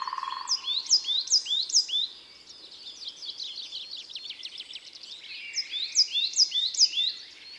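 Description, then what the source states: Coal tit singing bright repeated two-note phrases, several in quick series, with a busy tangle of other high chirps between them and a brief low tone at the start. Recorded in Isère, France.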